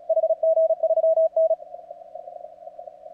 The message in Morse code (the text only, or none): HG3N